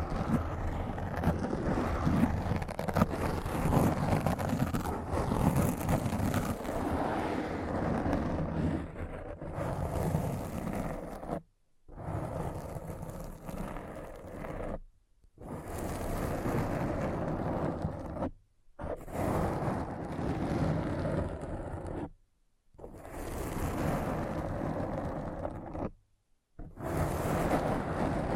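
Dense, rough scratching runs almost without pause for the first eleven seconds, a steady low rumble beneath a rasping hiss. After that it comes in bursts of about three seconds, split by short silences near 12, 15, 18, 22 and 26 seconds.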